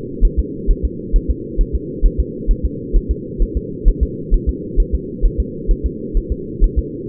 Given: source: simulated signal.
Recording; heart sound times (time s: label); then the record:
fetal heart sounds
0.25 s: S1
0.39 s: S2
0.71 s: S1
0.85 s: S2
1.16 s: S1
1.30 s: S2
1.61 s: S1
1.75 s: S2
2.06 s: S1
2.20 s: S2
2.51 s: S1
2.65 s: S2
2.96 s: S1
3.11 s: S2
3.42 s: S1
3.57 s: S2
3.88 s: S1
4.03 s: S2
4.34 s: S1
4.49 s: S2
4.80 s: S1
4.95 s: S2
5.25 s: S1
5.40 s: S2
5.71 s: S1
5.86 s: S2
6.17 s: S1
6.32 s: S2
6.64 s: S1
6.79 s: S2
From the record:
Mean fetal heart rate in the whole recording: 130 bpm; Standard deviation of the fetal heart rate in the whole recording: 2 bpm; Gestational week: 38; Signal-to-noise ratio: -4.1 dB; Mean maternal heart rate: no maternal heart sound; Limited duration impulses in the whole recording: absent